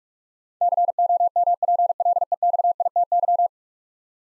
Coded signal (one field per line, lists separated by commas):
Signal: Morse code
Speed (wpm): 46 wpm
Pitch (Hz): 700 Hz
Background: none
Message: COMPLEXITY